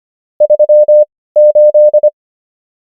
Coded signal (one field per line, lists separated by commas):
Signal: Morse code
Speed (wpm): 25 wpm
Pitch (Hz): 600 Hz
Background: none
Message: 38